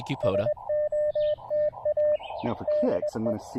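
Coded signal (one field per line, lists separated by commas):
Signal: Morse code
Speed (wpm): 20 wpm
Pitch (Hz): 600 Hz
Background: speech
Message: SOTA DE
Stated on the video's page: Live Morse code practice session as part of learning CW, preparing for a SOTA activation.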